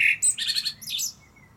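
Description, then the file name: Common blackbird song ending: short whistle then high, scratchy twittering notes fading out within under two seconds. "Turdus merula"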